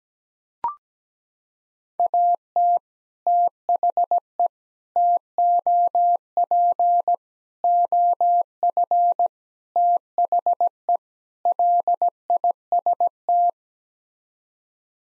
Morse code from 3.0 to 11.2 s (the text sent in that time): THE TOP OF THE